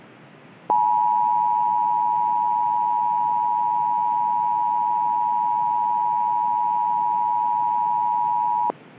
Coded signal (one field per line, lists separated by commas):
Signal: Emergency Alert System (SAME) tones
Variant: 853 and 960 Hz attention tone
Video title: The Cyclone (EAS Scenario)